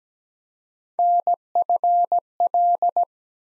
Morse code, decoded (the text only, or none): NFL